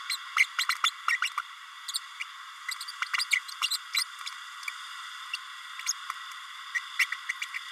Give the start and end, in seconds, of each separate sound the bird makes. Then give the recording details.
0.09-0.17, 0.36-0.46, 0.58-0.65, 0.69-0.74, 0.83-0.90, 1.08-1.17, 1.22-1.29, 1.37-1.41, 1.93-1.99, 2.71-2.75, 2.80-2.84, 2.88-2.91, 3.02-3.06, 3.18-3.25, 3.30-3.40, 3.61-3.69, 3.70-3.78, 3.93-4.04, 5.33-5.37, 5.86-5.92, 6.74-6.79, 6.99-7.05, 7.29-7.32, 7.41-7.45, 7.54-7.58. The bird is a male. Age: 31 days. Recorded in a nest box in Venezuela. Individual 17B32A6